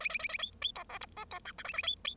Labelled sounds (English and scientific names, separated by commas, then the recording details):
Bengalese Finch (Lonchura striata domestica) song
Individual Bird0